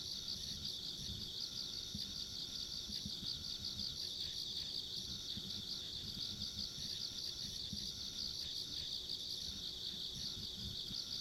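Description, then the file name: Insect chorus with rapid steady pulsing chirps, a weak high buzz on top, and continuous low rumbling noise. Ambient insect sounds recorded along a rural country road. "田舎道の虫の環境音"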